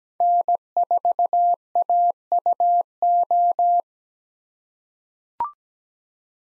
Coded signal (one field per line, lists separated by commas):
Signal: Morse code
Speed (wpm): 17 wpm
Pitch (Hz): 700 Hz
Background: none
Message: N4AUO